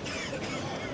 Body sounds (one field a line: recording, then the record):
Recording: coughing mixed with background sound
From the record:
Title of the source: Dry Afternoon Cough